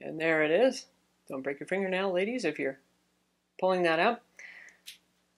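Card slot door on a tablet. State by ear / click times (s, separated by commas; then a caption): seated / 4.4 s, 4.9 s. A plastic SIM/microSD card door is pressed back into the edge of a Samsung Galaxy Tab S 10.5 tablet while someone talks. Short clicks are heard at 4.4 s and 4.9 s as the door snaps shut and seats back into place.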